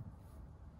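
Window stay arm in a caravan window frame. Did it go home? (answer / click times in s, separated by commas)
no / none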